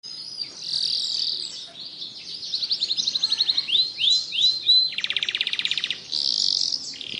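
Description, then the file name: Canary in continuous song, shifting between buzzy high trills, rapid clicking rolls and a few looping downward whistles, with faint background hiss. Singing in the continuous, nonstop style called ngebren. "Suara Kenari Ngebren"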